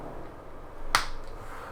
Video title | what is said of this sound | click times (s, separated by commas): Tomat Six Piece ND filter kit for the Mavic Air 2: Unboxing and first look. | you hear that pop when it went in place | 0.9 s